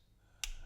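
A plastic LEGO toy brick is pressed onto another toy brick during a Buckbeak wings build, and it seats with a single sharp, bright click at 0.4 s after near silence. The bricks are confirmed clicked together.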